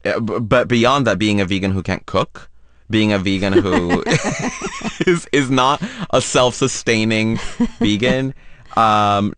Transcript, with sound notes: But beyond that, being a vegan who can't cook, being a vegan who...
(Laughter).
...Is not a self-sustaining vegan.